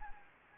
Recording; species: mosquito wingbeat signal from an infrared sensor; Anopheles gambiae